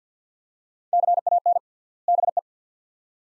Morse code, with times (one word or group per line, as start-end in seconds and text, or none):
0.9-1.6 CAN
2.1-2.4 BE